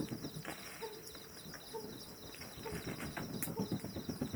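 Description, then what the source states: Pallid scops owl giving brief low hoots at an even pace, with continuous high insect chirring and irregular low rumbles and clicks. Male hooting, recorded with the wingbeats of bats audible.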